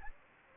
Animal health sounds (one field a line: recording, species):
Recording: mosquito wingbeat signal from an infrared sensor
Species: Anopheles gambiae